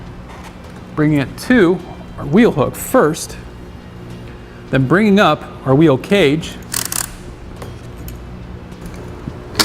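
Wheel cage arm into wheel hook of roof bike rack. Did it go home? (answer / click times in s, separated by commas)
yes / 6.8 s, 6.9 s, 7.0 s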